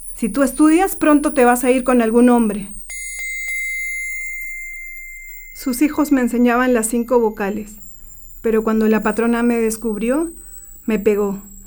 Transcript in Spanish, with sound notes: si tú estudias, pronto te vas a ir con algún hombre”. [Sonido de tinitus] Sus hijos me enseñaban las cinco vocales, pero cuando la patrona me descubrió, me pegó: